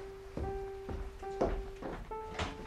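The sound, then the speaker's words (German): A door leading into a library is opened with a series of muffled thumps and clunks, while sustained piano notes from someone practising ring steadily underneath. “Bitte schließen Sie die Türe! Es zieht!”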